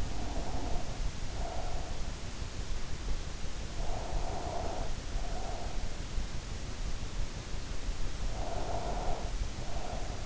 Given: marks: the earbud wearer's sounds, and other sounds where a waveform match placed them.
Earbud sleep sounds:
sounds in sleep by an in-ear microphone; breath
0.00-2.04 s: breath
3.63-6.00 s: breath
8.31-10.26 s: breath

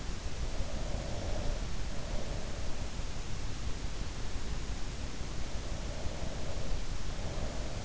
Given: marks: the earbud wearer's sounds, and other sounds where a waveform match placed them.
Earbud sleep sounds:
sounds in sleep by an in-ear microphone; breath
0.45-2.84 s: breath
5.79-7.85 s: breath

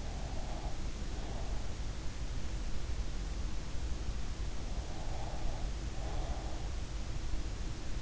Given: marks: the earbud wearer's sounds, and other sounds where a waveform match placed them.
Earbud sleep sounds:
sounds in sleep by an in-ear microphone; breath
0.00-1.74 s: breath
4.78-6.72 s: breath

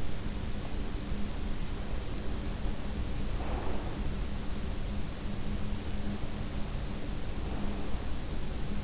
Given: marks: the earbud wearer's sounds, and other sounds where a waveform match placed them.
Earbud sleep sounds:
sounds in sleep by an in-ear microphone; breath
3.19-4.25 s: breath
7.26-8.33 s: breath

